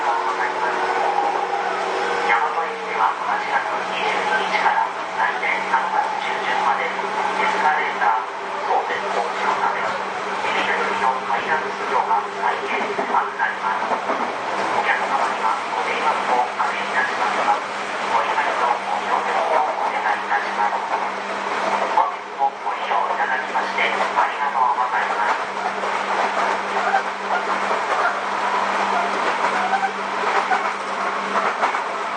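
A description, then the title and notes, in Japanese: Inside a commuter train on the move, a steady, dense rumble of wheels and motor runs throughout, with a constant low hum underneath. Faint voices surface now and then, and the noise briefly eases around twenty-two seconds before resuming. 相鉄新7000系 海老名〜横浜。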